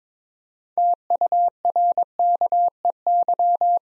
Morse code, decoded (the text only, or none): TURKEY